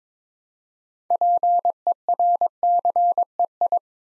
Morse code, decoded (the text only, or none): PERCEI